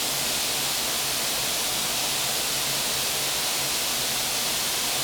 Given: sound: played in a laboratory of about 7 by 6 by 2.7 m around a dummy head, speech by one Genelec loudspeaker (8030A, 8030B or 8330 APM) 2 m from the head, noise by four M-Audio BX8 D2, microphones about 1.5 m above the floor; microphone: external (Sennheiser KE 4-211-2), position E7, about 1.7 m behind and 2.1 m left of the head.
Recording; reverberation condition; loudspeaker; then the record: white noise; high; four, about 170 cm from the corners of the room and facing them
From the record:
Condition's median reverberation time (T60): about 1300 ms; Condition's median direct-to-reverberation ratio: about -4.0 dB